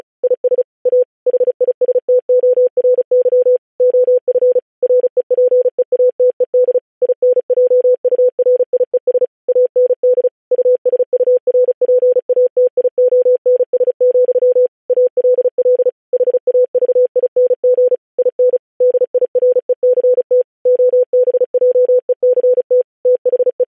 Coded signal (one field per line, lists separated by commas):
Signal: Morse code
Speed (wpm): 36 wpm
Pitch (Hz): 500 Hz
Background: none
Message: IS A HISTORY OF REPEATED INJURIES AND USURPATIONS, ALL HAVING IN DIRECT OBJECT THE